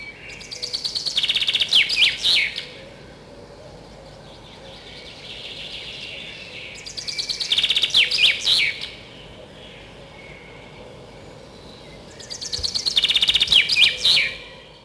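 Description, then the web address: Common chaffinch song: three bright phrases about six seconds apart, each a quick run of notes ending in a flourish, against a constant broad hiss. Singing in spring. "vremena vesna zjablik"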